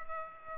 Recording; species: mosquito wingbeat signal from an infrared sensor; Culex pipiens